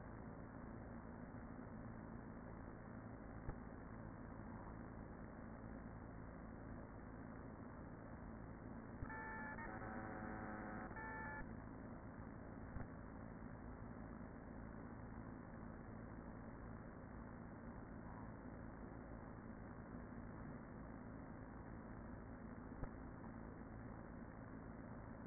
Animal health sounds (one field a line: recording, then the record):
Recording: honeybee colony, microphone inside the hive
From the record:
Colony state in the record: queen present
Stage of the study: after two queens were removed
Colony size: about 40,000 bees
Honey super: no